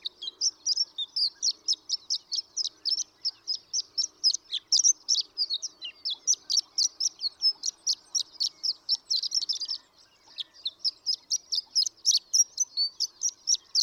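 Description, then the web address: Horned lark song with long, rapid sequences of high, thin tinkling notes, one brief break near ten seconds, then more twittering. "birdsongforthecurious Horned Lark"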